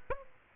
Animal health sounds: mosquito wingbeat signal from an infrared sensor; Aedes aegypti

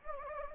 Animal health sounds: mosquito wingbeat signal from an infrared sensor; Anopheles gambiae

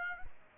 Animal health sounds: mosquito wingbeat signal from an infrared sensor; Aedes aegypti

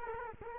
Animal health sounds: mosquito wingbeat signal from an infrared sensor; Culex quinquefasciatus

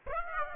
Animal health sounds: mosquito wingbeat signal from an infrared sensor; Aedes aegypti

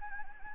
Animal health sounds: mosquito wingbeat signal from an infrared sensor; Anopheles gambiae

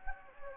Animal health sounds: mosquito wingbeat signal from an infrared sensor; Anopheles gambiae

